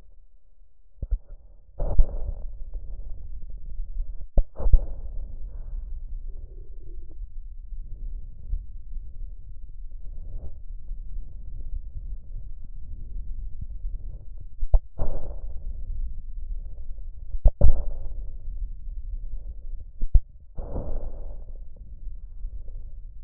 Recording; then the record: lung sounds by stethoscope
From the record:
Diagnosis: emphysema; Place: left posterior upper chest